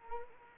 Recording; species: mosquito wingbeat signal from an infrared sensor; Anopheles arabiensis